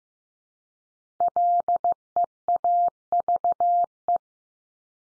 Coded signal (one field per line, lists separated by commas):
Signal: Morse code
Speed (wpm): 15 wpm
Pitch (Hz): 700 Hz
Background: none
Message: LEAVE